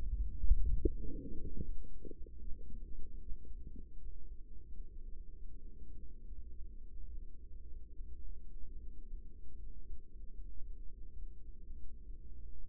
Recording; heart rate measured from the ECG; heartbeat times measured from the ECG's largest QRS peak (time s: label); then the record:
heart sounds by microphone in the right ear; 78 bpm
0.39 s: heartbeat
0.96 s: heartbeat
1.60 s: heartbeat
2.39 s: heartbeat
3.19 s: heartbeat
3.96 s: heartbeat
4.72 s: heartbeat
5.45 s: heartbeat
6.22 s: heartbeat
7.05 s: heartbeat
7.90 s: heartbeat
8.77 s: heartbeat
9.56 s: heartbeat
10.31 s: heartbeat
11.13 s: heartbeat
12.00 s: heartbeat
From the record:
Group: healthy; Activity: rest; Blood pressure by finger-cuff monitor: 113/65 mmHg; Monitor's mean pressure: 84 mmHg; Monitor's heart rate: 77 bpm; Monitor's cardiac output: 6.9 L/min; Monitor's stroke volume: 87 mL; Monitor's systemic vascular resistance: 920 dyn s/cm5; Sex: female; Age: 24 years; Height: 163 cm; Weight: 55.7 kg